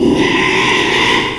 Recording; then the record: squeal of a Yucatan mini pig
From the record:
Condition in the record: after surgery on the right vocal fold (resection and tissue-engineered implant); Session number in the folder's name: 1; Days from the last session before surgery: 6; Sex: male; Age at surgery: 12 weeks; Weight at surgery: 13 kg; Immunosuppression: cyclosporine, prednisolone